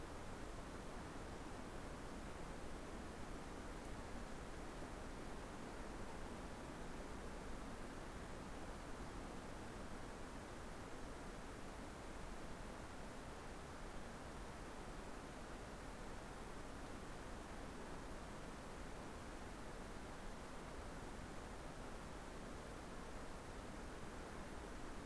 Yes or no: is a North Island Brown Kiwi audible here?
no